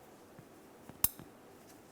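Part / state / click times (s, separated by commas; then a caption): oxygen sensor connector into vehicle wiring harness plug / seated / 1.0 s. The downstream oxygen sensor's plastic electrical connector on a 2002-2005 Ford Explorer is pushed into the vehicle wiring harness plug and then tugged to confirm it is secure. A sharp, short click lands at 1.0 s, with faint ticks just before and after it over a quiet background. The connector is seated.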